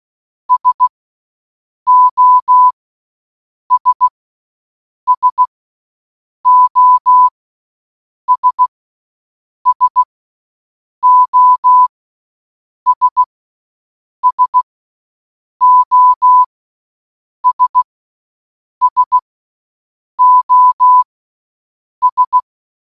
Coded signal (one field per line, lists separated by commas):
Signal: Morse code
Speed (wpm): 16 wpm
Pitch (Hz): 1000 Hz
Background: none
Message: SOS SOS SOS SOS SOS